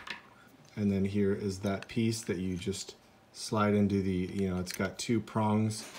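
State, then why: Seated. An insert piece is pushed down into its slot in the device housing and clicks into place with a single short tick at 0.1 s, leaving it seated. Someone talks throughout the rest of the clip.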